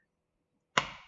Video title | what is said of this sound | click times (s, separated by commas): Donor Genetics and Family Medical History | we've heard that too close it's not really clicking in there | none